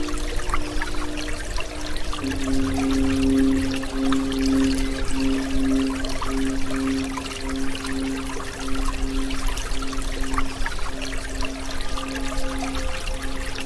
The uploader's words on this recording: Solfeggio 528 Hz Water Sounds - Tibetan bowls OM Mantra.